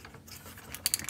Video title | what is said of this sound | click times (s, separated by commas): Transformers Review: Fans Toys FT-30C Goose // P4L Reviews | can extend the arms make sure to extend them all the way you'll definitely hear a definitive click | 0.9 s